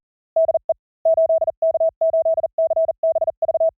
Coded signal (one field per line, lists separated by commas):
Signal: Morse code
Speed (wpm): 40 wpm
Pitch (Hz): 650 Hz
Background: none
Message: DE 8K8CBV